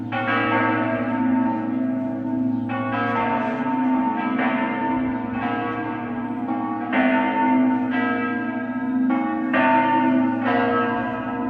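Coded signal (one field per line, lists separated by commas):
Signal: bell signal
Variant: Friulian battiore and dopli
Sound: several church bells ringing in rhythmic sequence over a deep sustained bell hum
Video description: Battiore sul campanone e dopli con le tre maggiori delle 17:30 per la Messa festiva delle 18:00.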